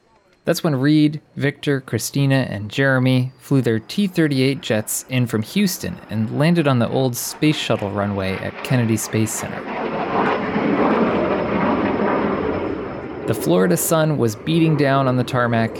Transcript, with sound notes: That’s when Reid, Victor, Christina, and Jeremy flew their T-38 jets in from Houston and landed on the old space shuttle runway at Kennedy Space Center. [JET LANDING SFX AND CHEERS] The Florida Sun was beating down on the tarmac.